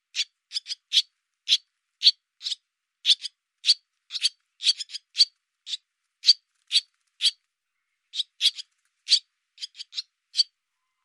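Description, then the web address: Barn swallow calls: crisp, harsh single and paired notes repeated at an uneven, steady pace. "cianscape birddata Deverinetal 2025"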